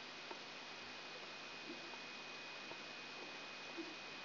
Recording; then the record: brain microelectrode recording played as sound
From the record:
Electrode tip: outside the subthalamic nucleus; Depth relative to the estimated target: -6 mm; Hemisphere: right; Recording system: AlphaMap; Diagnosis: Parkinson's disease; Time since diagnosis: 9 years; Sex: male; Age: 53 years